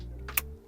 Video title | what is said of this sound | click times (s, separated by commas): Vidange de ma Clio 3 1.5 dci – huile + filtres ! | clic. On est bon. | 0.4 s